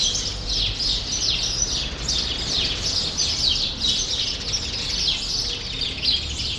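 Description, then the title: Sparrow flock calling nonstop, dense overlapping chirps and quick downward-sliding notes at a steady pace over faint low hum. Sparrows still present in the small remaining part of a large grove, Rue Saint-Jean Népomucène, Brussels, Belgium; recorded with Earsight V2 AB microphones into a Zoom F3. "Rue Saint-Jean Népomucène 13, 1000 Bruxelles, Belgique - Sparrows - Moineaux"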